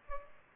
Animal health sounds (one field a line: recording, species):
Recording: mosquito wingbeat signal from an infrared sensor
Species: Culex pipiens